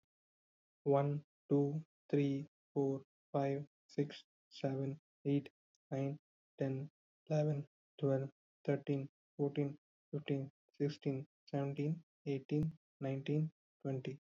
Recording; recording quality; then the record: counting at a normal pace; excellent, no background noise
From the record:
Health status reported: COVID-19 positive, no symptoms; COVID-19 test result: positive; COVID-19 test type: RT-PCR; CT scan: not taken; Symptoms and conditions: sore throat, fatigue, loss of smell and taste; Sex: male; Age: 27 years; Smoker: no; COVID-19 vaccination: both doses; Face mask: not worn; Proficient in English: yes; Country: India